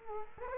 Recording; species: mosquito wingbeat signal from an infrared sensor; Culex quinquefasciatus